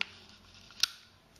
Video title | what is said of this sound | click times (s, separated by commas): Nikon F-Objektiv - Micro FourThirds Adapter - by www.enjoyyourcamera.com | ansetzen dann dreht man das ganze bis einrastet und das gehört haben | 0.8 s